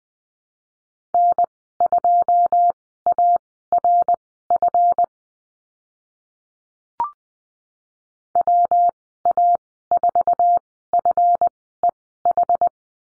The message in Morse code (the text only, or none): N2ARF WA4FEH